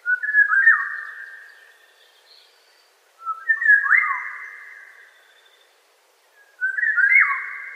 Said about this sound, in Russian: Вот Иволга.